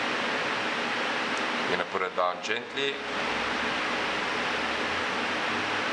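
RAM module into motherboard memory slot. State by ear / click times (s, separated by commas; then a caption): not seated / none. A RAM module is lined up with the notches in a motherboard memory slot before it is pushed down, and nothing has seated or clicked yet. Someone talks briefly, from about 1.7 to 3.0 seconds, over a steady broadband hiss.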